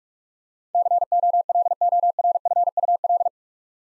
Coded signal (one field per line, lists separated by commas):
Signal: Morse code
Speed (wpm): 46 wpm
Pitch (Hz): 700 Hz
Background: none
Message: COLORFUL